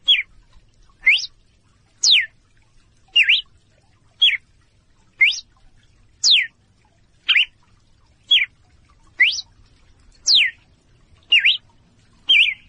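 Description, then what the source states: Red-cowled cardinal calling in clear short whistles, each note swooping up or down, repeated steadily roughly every second with nothing else audible. Female song, used to get males singing.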